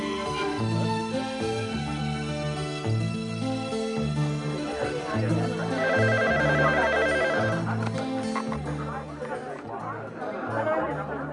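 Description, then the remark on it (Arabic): A telephone rings in a rapid trilling burst midway through, a call from the Egyptian embassy in Rome, over a steady bed of music and a murmur of voices talking in the background. “معالي الدكتور طه، تليفون لسعادتك من روما من السفارة المصرية.”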